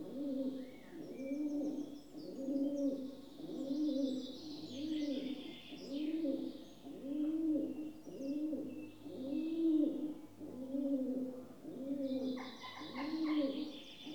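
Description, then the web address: Rock dove coos, a regular series of soft rolling phrases close to once per second, over a faint hum with small birds twittering. "The BBC Sound Effects Library. Rock Dove (Columba Livia) Coos"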